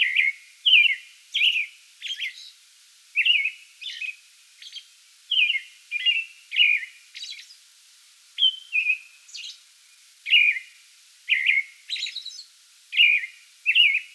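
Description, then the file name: American robin singing a steady series of short whistled caroling phrases, each slurred and warbled, interspersed with thin high squeaky notes, nearly continuous through the stretch. Pre-dawn song bout, recorded 8 May 2022. "2022-05-08 American Robin pre-dawn song bout"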